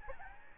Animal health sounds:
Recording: mosquito wingbeat signal from an infrared sensor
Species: Aedes albopictus

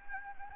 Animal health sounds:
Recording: mosquito wingbeat signal from an infrared sensor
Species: Anopheles gambiae

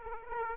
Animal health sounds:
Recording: mosquito wingbeat signal from an infrared sensor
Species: Aedes aegypti

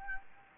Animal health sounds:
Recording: mosquito wingbeat signal from an infrared sensor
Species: Anopheles gambiae

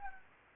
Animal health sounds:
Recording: mosquito wingbeat signal from an infrared sensor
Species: Anopheles gambiae

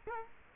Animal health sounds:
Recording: mosquito wingbeat signal from an infrared sensor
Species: Culex quinquefasciatus

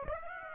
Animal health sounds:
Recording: mosquito wingbeat signal from an infrared sensor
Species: Aedes aegypti

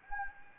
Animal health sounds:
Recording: mosquito wingbeat signal from an infrared sensor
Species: Anopheles gambiae

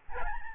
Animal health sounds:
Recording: mosquito wingbeat signal from an infrared sensor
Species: Aedes albopictus

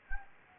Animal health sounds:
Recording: mosquito wingbeat signal from an infrared sensor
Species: Anopheles gambiae

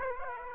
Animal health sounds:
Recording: mosquito wingbeat signal from an infrared sensor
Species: Aedes aegypti

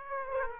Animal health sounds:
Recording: mosquito wingbeat signal from an infrared sensor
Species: Aedes aegypti

